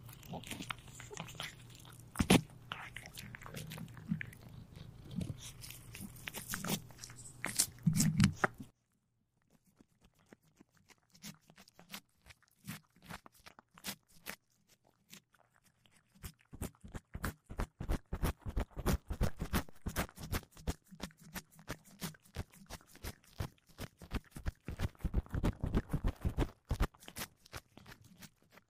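Cats eating, with a dense run of small crunching clicks through the first nine seconds over a low steady hum. After a near-silent pause, sparse crisp crunches return around ten seconds and thicken into rapid, loud chewing from about sixteen seconds to the end.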